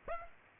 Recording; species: mosquito wingbeat signal from an infrared sensor; Aedes aegypti